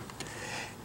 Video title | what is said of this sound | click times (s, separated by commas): HP Chromebook 14 G4 14-AK Keyboard and Battery Replacement | spot, and then you hear popping, clicking sounds, and that means the keyboard is coming up. | 0.1 s, 0.2 s